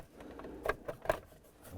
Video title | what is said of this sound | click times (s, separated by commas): How To Replace Ignition Switch 2004-2009 Dodge Durango | to go ahead and line up the lower cover i'm going to click that up | 0.7 s, 1.1 s